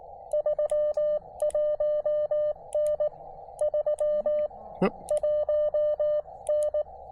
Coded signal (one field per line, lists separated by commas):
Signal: Morse code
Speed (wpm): 18 wpm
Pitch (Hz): 590 Hz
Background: none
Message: 31N 31N